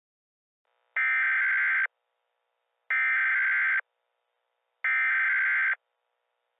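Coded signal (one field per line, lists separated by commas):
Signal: Emergency Alert System (SAME) tones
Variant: header bursts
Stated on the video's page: Mock recreation of the county's EAS alerts from that day, rebuilt from the alert text, not a real recording.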